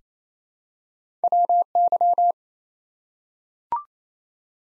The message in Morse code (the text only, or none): WY